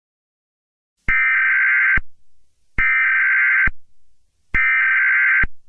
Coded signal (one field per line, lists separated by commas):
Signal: Emergency Alert System (SAME) tones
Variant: header bursts